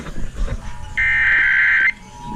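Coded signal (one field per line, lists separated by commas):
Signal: Emergency Alert System (SAME) tones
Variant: header bursts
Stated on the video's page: Required Weekly Test on weather radio station WXJ53, and a Georgia Required Monthly Test.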